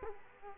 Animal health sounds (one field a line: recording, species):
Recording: mosquito wingbeat signal from an infrared sensor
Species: Culex quinquefasciatus